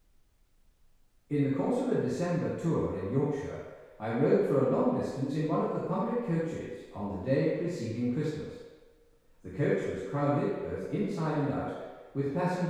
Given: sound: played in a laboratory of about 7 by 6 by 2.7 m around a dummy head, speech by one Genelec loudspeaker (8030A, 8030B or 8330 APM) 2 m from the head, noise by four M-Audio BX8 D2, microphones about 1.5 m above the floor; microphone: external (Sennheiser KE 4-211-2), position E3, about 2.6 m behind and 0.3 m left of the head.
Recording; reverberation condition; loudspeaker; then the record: male speech in English; high; 150 degrees to the left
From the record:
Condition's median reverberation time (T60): about 1300 ms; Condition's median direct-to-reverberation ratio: about -4.0 dB